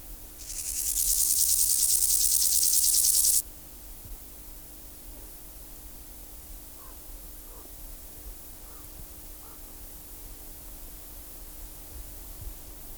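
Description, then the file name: Bornholm grasshopper song: one rasping, pulsed burst of high hissing stridulation, swelling in loudness, lasting nearly three seconds, then stopping, leaving quiet background hiss. "Chorthippus bornhalmi"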